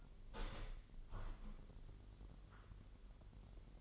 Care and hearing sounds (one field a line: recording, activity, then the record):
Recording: daily activity, microphone in the room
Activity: open window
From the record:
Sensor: 4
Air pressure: 999.3 hPa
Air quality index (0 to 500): 120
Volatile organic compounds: 2 ppm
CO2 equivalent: 1190 ppm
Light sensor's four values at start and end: 17/41/17/19 and 17/41/17/19